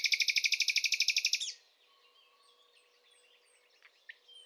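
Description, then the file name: Common nightingale song: a fast loud rattling trill of repeated notes for over a second, then quiet, with faint soft notes afterward. "Luscinia megarhynchos"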